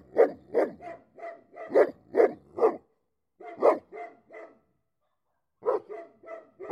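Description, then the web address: Dog giving deep rough barks in quick runs of several, with short silent breaks between the bursts. A big dog barking. "lynne-publishing Big Dog Barking"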